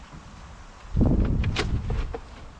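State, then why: Not seated. A plastic handle is inserted upside down and at an angle into the top section of an Oase Filtomatic pond filter, which rests upside down on the floor, before being pushed down. After about a second of quiet, handling and rustling noise rises, with sharp plastic taps around 1.0, 1.1, 1.3 and 1.4 seconds before it fades. The handle is only lined up here, and nothing has clicked into place yet.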